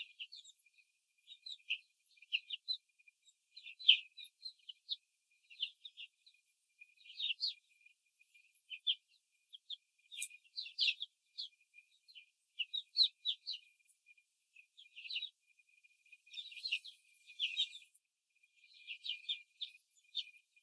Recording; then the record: young laying hens in a cage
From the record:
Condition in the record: control cage, before the stress test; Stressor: none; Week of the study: 4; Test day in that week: 3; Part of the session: 4